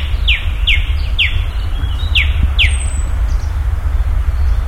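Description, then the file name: Common nightingale song: a series of five sharp downward-slurred notes, then a high thin whistle, with steady low rumble behind. "Nachtigall"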